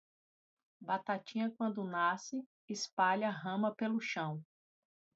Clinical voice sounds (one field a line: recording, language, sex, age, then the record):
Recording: short text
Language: Brazilian Portuguese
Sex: female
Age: 40 to 49 years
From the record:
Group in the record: control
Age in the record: 47 years